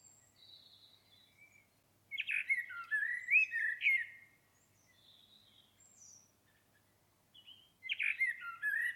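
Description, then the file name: Common blackbird singing: soft high notes, then a loud mellow fluting phrase with twittery touches, quieter squeaks, and another phrase beginning. "Turdus merula"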